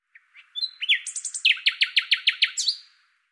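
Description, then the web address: Common nightingale song: a few opening whistles, then a fast series of loud downslurred notes repeated several times, ending on a thin whistle. "Deverinetal 2025"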